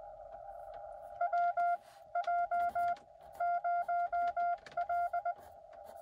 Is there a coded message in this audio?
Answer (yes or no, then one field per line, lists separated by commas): yes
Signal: Morse code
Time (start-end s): 1.2-5.3 s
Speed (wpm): 21 wpm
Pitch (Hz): 700 Hz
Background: none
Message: WJ0L